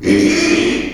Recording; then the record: squeal of a Yucatan mini pig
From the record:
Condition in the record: after surgery on the right vocal fold (resection and tissue-engineered implant); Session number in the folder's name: 2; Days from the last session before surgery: 13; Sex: male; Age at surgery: 12 weeks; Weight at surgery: 13 kg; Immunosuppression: cyclosporine, prednisolone